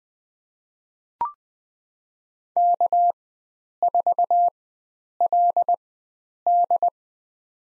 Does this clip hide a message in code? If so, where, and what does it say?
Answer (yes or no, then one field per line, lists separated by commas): yes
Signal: Morse code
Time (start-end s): 2.6-6.9 s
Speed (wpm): 20 wpm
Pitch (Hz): 700 Hz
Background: none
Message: K4LD